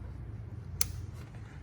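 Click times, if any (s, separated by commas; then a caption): 0.8 s. A plastic electrical connector is pushed back onto the air box sensor of a 2013 Toyota Highlander V6's air filter housing after the housing bolts are tightened. One sharp click is heard at 0.8 s over a low background hum. The connector is seated and locked.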